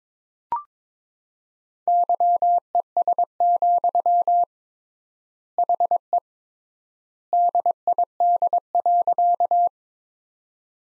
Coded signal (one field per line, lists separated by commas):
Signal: Morse code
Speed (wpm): 22 wpm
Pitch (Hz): 700 Hz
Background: none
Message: YES, HE DID.